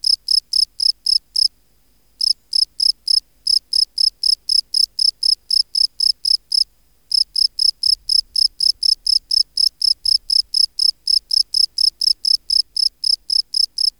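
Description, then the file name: Field cricket singing long runs of sharp, high chirps at a regular quick pace, with two short breaks in the series. "Gryllus campestris"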